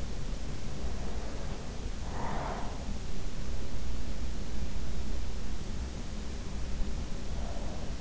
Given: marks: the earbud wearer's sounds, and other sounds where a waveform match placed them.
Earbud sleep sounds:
sounds in sleep by an in-ear microphone; breath
0.84-2.96 s: breath

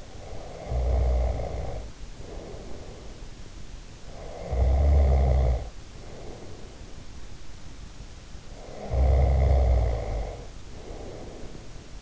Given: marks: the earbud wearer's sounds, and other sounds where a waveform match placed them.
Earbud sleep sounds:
sounds in sleep by an in-ear microphone; snoring breath
0.00-3.40 s: snoring breath
4.15-7.11 s: snoring breath
8.54-12.02 s: snoring breath

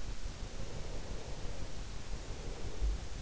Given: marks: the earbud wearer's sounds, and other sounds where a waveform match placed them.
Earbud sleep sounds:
sounds in sleep by an in-ear microphone; breath
0.61-3.06 s: breath

